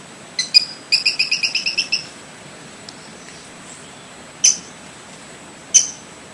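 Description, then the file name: Brown-breasted pygmy-tyrant singing a brief, rapid run of high, dry notes, followed by two isolated sharp notes a second or so apart. "canto do catraca"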